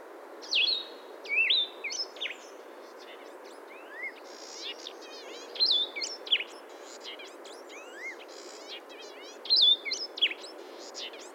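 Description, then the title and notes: Blue-headed vireo delivering brief slurred whistled phrases separated by pauses of a few seconds, over a dense background of other birds' chirps, trills and sweeping whistles. "Blue-Headed Vireo Call by SciFri"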